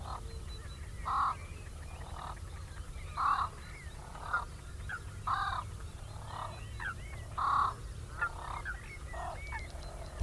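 Great crested grebe uttering repeated grating, nasal calls in bursts roughly every one to two seconds, amid chattering small birds and constant low background noise.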